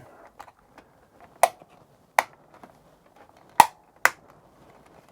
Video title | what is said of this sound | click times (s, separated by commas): New Keycaps for your Commodore | clicked into place quite nicely there we go | 3.6 s, 4.0 s